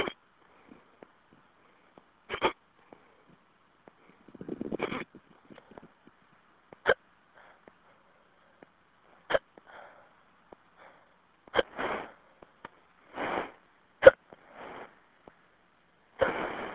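An adult's sharp, abrupt hiccups recur about every 2.4 seconds, roughly 25 a minute, with faint breathing between.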